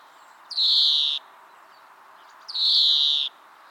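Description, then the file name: European greenfinch giving two drawn-out, buzzy, nasal wheezes, each lasting under a second, about two seconds apart. "Chloris chloris"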